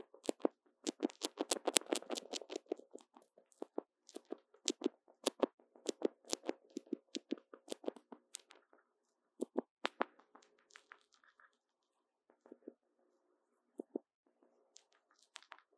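Popping candy crackles in sharp, quick snaps, dense and busy for the first ten seconds, then thinning to scattered pops near the end.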